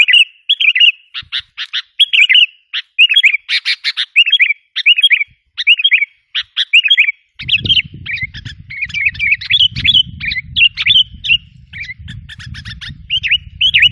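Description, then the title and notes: Sooty-headed bulbul song of repeated liquid chirps and short warbled phrases, fairly steady throughout, with a low rumble joining from about seven seconds. "Kicau Burung Kutilang"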